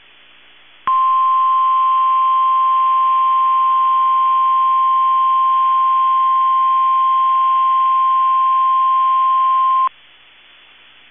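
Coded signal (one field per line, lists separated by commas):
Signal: Emergency Alert System (SAME) tones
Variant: 1050 Hz attention tone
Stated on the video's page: Required weekly test on NOAA weather radio transmitter for Minneapolis/St Paul, 162.550 MHz, from Chanhassen NWS office; second attempt.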